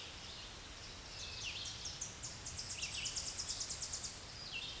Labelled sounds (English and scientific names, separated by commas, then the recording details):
Tennessee Warbler (Leiothlypis peregrina) song
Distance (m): 35 m
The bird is about 20 m above the microphone
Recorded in a Pennsylvania forest on 16 May 2024 at 07:59
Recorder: AudioMoth, point MSD-2258
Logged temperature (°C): 15.2 °C
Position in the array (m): 132 m, 98 m